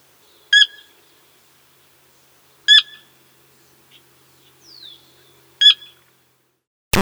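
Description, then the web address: Sora giving three sharp, abrupt call notes spaced a few seconds apart, with a faint sliding note in between. "Zoo Field Guide. Sora"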